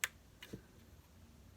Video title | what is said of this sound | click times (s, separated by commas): Transformers Power Of The Primes Elita-1 review | I like to fold this up all the way to hear that little click and then | 0.0 s